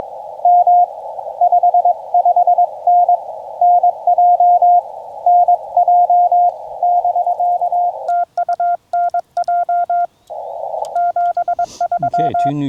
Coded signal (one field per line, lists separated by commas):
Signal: Morse code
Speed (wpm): 21 wpm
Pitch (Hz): 710 Hz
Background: none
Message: M 55N NJ NJ <BK> TU NJ 73